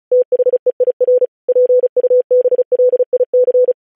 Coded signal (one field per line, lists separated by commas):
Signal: Morse code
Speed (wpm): 36 wpm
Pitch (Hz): 500 Hz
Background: none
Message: THEIR PUBLIC